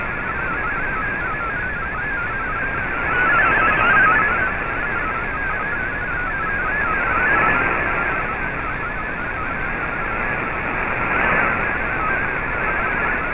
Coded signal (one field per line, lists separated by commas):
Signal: multi-tone FSK (Olivia or MFSK type)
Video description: here is my decode of the Shortwave Radiogram broadcast today on 15770Khz shortwave radio at 1300UTC in MFSK32 and 64 and with 10 SSTV images